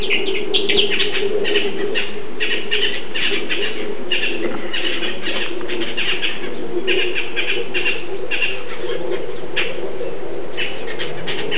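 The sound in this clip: Bird calls, a rapid series of short, harsh chirps repeated throughout, with a steady low hum beneath.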